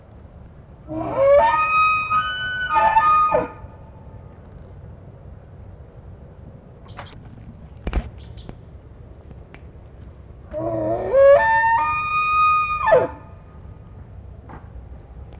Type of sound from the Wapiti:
rut call